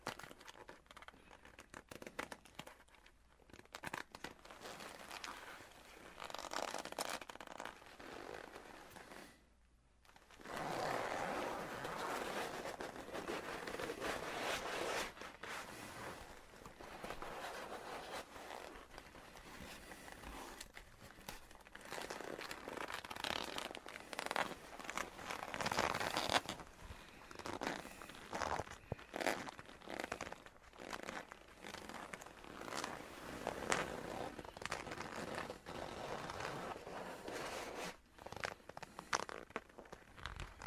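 Soft rustling and creaking of a leather coat, dense and irregular, with a brief near-silent pause around ten seconds before the crinkling resumes.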